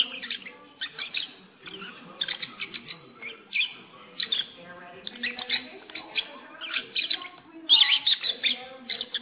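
Lovebird chatter, a steady stream of harsh squeaky chirps and twitters, nearly continuous with one louder burst near the end.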